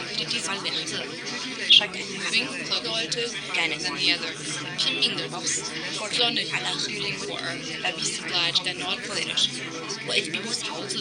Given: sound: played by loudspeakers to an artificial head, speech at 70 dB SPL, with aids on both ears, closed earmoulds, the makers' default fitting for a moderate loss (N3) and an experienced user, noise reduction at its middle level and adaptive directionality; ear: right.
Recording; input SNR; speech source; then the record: speech test signal (ISTS) in cocktail-party noise; -6 dB; in front (0 degrees)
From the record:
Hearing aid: class 2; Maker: A